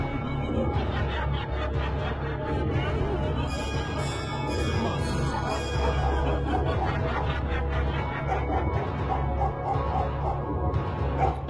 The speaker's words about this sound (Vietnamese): Cho đến khi tiếng con chó mực sủa ầm lên, xua tan những âm thanh réo gọi. Thấp thoáng, lúc này con chó mực điên cuồng chồm lên. Nó lao hẳn ra giữa sân, nó cắn ầm ĩ.